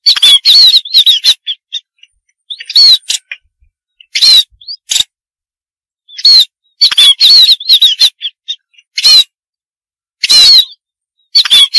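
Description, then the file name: Munia calls: clusters of loud, harsh chattering bursts mixed with thin, high squeaky whistled notes, coming in irregular bouts separated by short silences. "suara burung pipit"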